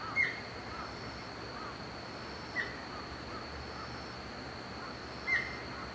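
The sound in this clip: Deer calls: three short, sharp, high-pitched cries spaced roughly two and a half seconds apart, heard over steady static hiss and a constant thin high whine.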